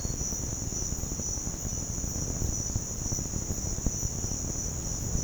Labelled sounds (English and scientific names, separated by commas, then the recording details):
none
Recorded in pastures near Puerto Asís, Putumayo, Colombia, on 13 March 2025 at 06:30
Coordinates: 0.505, -76.324
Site GP08